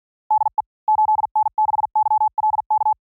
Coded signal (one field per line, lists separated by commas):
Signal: Morse code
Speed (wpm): 52 wpm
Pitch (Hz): 860 Hz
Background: none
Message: DE 8N6YLK